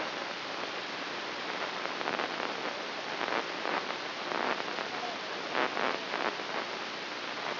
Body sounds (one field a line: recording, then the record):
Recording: brain microelectrode recording played as sound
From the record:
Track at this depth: inside the subthalamic nucleus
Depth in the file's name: 1.131 mm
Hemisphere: right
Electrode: 3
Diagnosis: Parkinson's disease